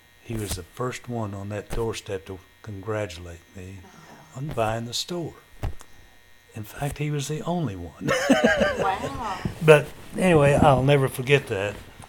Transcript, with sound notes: he was the first one on that door step to congratulate me--
Ah.
--on buying the store. In fact, he was the only one. (Laughter)
Wow.
But anyway, I'll never forget that.